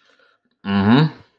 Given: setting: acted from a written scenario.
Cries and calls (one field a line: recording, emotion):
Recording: vocal sound without words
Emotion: contempt